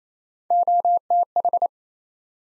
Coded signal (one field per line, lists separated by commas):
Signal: Morse code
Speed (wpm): 28 wpm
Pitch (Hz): 700 Hz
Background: none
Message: OTH